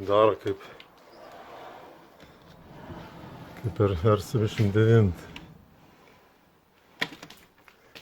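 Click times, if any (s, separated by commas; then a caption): 7.0 s. Someone talks while operating a newly fitted Roto R 89G panoramic PVC pivoting roof window. At 7.0 s a sharp click sounds as the sash latch in the window frame locks into its fixed position, followed by a few faint taps. The latch seats.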